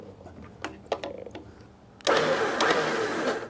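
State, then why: Seated. A metal snap ring is pushed by hand, with no tools, onto the pin of an off-road winch hook. A few light metallic taps come between 0.6 and 1.4 seconds, then a sharp snap at 2.1 seconds is followed by a sustained broadband rustle that fades out by the end. The snap ring seats and is confirmed locked in place.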